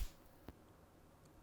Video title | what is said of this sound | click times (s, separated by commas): Cómo Cambiar la Pila de la Llave Toyota (Corolla, Camry, etc.) - ¡Hazlo en 2 Minutos! | y la empujamos hasta que trabe. | 0.5 s